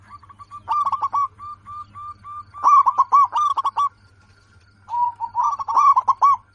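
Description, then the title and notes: Zebra dove song: a soft series of staccato coos swells into louder rolling trills, pauses about a second, then resumes with another rapid, burred phrase. Local perkutut described as singing persistently, with a loud, crystal-clear voice. "PERKUTUT LOKAL GACOR Suara KRISTAL LANTANG. Kicau Burung Perkutut"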